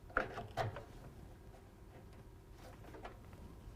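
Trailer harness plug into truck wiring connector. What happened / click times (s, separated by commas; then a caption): The wiring connector snapped into place / 0.2 s. After installing an ICI Magnum rear bumper on a 2017 Ford F-250 Super Duty, the trailer wiring harness plug is pushed back into the truck's wiring harness connector, and it seats with a sharp, loud click at 0.2 s. Softer knocks follow around 0.6 to 0.8 s and again at 3.1 s over a low background rumble.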